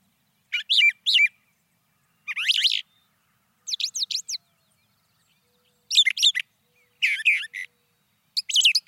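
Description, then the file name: Brown thrasher giving a steady string of short varied phrases, high scratchy and whistled notes, with brief pauses between. "suara-kicauan-brown-thrasher 2-omkicau"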